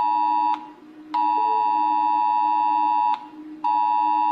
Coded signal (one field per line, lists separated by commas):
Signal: Emergency Alert System (SAME) tones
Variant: 853 and 960 Hz attention tone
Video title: Rating EAS alarms by how scary they are Part 4!